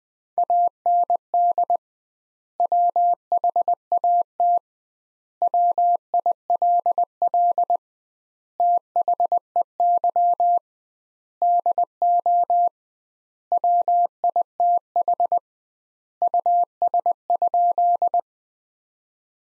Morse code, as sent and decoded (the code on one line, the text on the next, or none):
.- -. -.. / .-- .... .- - / .-- .. .-.. .-.. / - .... . -.-- / -.. --- / .-- .. - .... / ..- ... ..--..
AND WHAT WILL THEY DO WITH US?